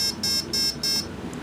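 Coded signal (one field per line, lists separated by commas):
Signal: beep code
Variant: Turnigy brushless ESC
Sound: four quick buzzy electronic beeps in a row, then quiet hum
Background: low room hum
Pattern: 4 short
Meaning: The ESC is at menu item four, play mode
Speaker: there's four four beeps means you're in your four fourth mode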